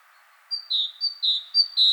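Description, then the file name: Great tit with three crisp two-note units, each a short high note dropping to a longer lower one, delivered in quick succession. "Parus major"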